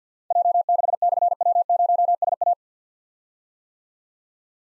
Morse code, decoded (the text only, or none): J6/W0SA